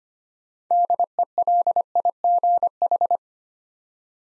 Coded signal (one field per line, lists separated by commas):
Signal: Morse code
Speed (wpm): 25 wpm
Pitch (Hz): 700 Hz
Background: none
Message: DELIGH